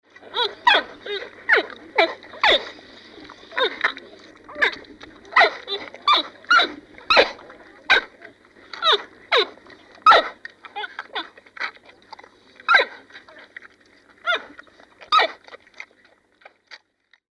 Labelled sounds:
Giant Panda
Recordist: Tembrock, Günter
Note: Lautfolgen eines Weibchens

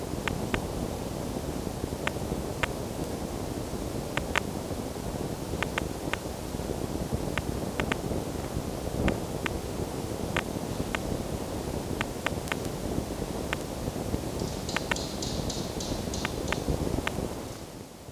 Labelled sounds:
Red Fox
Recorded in captivity
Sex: pair
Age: adult
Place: Zoologisches Institut der HUB, Berlin, DE
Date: 1954-02-26 17:45
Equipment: Elmetra
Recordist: Tembrock, Günter

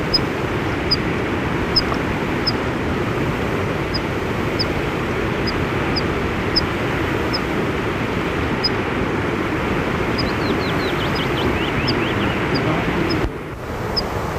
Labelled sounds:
Water Pipit call
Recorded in the wild
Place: Krumltal, AT
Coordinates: 47.1081, 12.9256
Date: 1964-05-22
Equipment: Uher Report 4000, AKG D190
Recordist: Krey, Winfried
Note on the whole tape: Wasserpieper

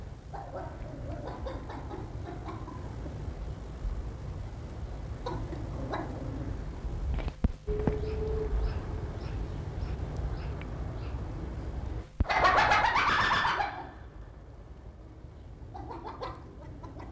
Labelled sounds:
Dhole
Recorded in captivity
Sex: male
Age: adult
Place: Tierpark Berlin, Berlin, DE
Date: 1963-02-16 15:00
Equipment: Minifon, Kopie Smaragd
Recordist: Tembrock, Günter

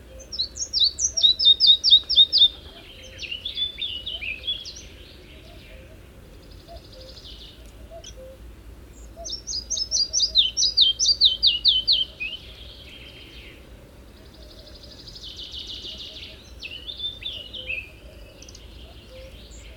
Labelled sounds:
Red-breasted Flycatcher song
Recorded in the wild
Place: Tulcea, M?cin-Gebirge, Dobrogea, DE
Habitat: mountains
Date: 1973-05-10 04:40
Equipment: Nagra III BH, Sennheiser MD 21, parabola
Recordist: Schubert, Michael
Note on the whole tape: Gesang Zwergschnäpper

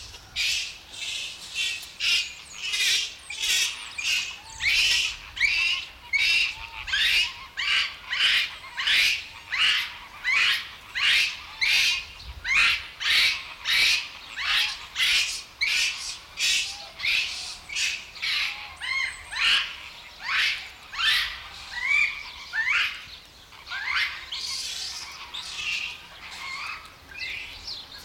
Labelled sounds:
Japanese Macaque
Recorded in captivity
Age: juvenile
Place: Zoo Berlin, Berlin, DE
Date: 1994-01-15 10:35
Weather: wechselnd wolkig, +5 °C
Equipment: Marantz CP 430, Sennheiser MKH 416 T, Kopie Uher Variocord 263
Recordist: Tembrock, Günter

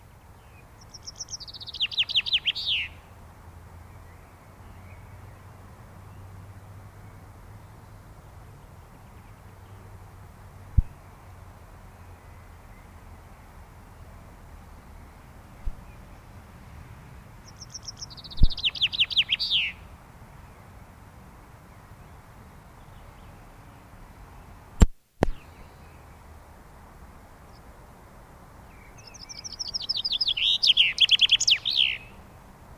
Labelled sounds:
Common Chaffinch
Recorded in the wild
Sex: male
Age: adult
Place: Garmisch-Partenkirchen, Bayern, DE
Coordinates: 47.4931, 11.0633
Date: 1962-04-25
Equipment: Stellavox SM 5, AKG D19-200, Vorverstärker, Original, Vollspur
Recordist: Tretzel, Erwin
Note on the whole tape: Garmisch-Partenkirchen, Almhütte. Männchen: Gesang und Rufe (Garmischer Doppelschlag)

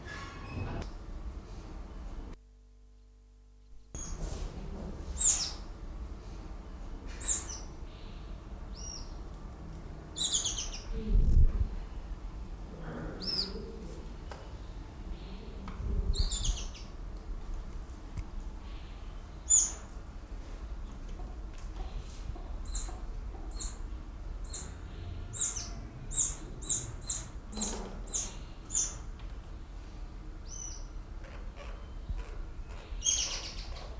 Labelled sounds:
Speckled Mousebird
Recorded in captivity
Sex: group
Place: Zoo Berlin, Berlin, DE
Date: 1996-02-24 14:30
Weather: heiter, -6°C
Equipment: Sony WM-D6C, Sennheiser ME 80, Kopie Uher 4000 Report Monitor
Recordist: Tembrock, Günter

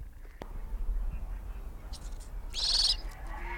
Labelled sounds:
Spectacled Owl
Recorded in captivity
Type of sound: call sequence, twittering, begging call
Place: Timmendorfer Strand, Holsteinische Schweiz, Schleswig-Holstein, DE
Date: 1992-09-21 16:03
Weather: sonnig, 22°C
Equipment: Marantz CP 430, Sennheiser ME 80, Kopie Tesla B 116
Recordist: Tembrock, Günter
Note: Vogelpark Niendorf; Triller eines Ästlings (Bettellaut)

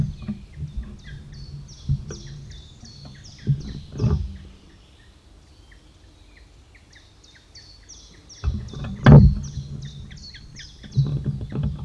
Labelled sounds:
Grey-headed Woodpecker call
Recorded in the wild
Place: Halle (Westfalen), OT Tatenhausen, Nordrhein-Westfalen, DE
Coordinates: 52.0439, 8.325
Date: 1973-04-15
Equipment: Uher 4200 Report Stereo, Bändchenmikro Beyer M 260, Parabolspiegel Polyester (600 mm)
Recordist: Conrads, Klaus

